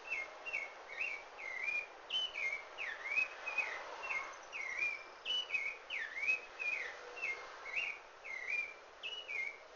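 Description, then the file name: Rufous-bellied thrush giving a continuous song of sweet whistled phrases, slurred notes rising and falling in quick succession, with soft background hiss throughout. Recorded in Brazil. "Turdus rufiventris brasilian"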